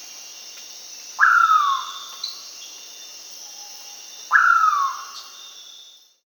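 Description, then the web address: Ocellated poorwill call: two whistled notes about three seconds apart, each snapping up sharply then sliding down, over a steady high insect drone. South America. "Natures Songs S America Ocellated Poorwill"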